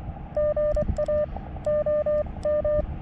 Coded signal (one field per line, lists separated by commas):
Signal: Morse code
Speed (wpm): 23 wpm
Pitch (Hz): 590 Hz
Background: none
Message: GA OM